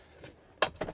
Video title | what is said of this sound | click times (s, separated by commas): 2023 Thor Rize Luxury Class B RV for Sale at #1 Dealer MHSRV.com | that will lock into place flip the top over | 0.6 s